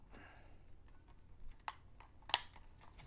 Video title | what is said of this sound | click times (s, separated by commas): VIPER TV SHOW FAN VLOG #08: Tyco Defender rc car | Okay, locked into place. | 2.3 s